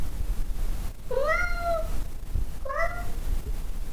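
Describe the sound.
Cat meowing twice, a long arched mew followed by a shorter one, against a constant low rumble.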